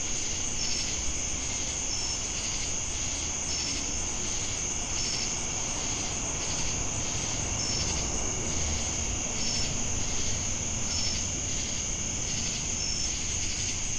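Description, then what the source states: Long stretch of cricket chorus: continuous shrill trill, brief chirps every couple of seconds, swelling insect buzz, and steady low rumble. Recorded with cicadas in Jamestown, North Carolina, on 10 August 2018.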